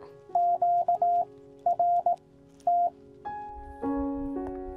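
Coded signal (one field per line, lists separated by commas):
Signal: Morse code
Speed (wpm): 18 wpm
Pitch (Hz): 700 Hz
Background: music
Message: QRT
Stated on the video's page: QRP CW summit activation with a QCX Mini from Triunfo Lookout, part of a YL special event weekend using special event station calls.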